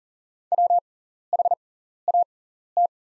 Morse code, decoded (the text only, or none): WHAT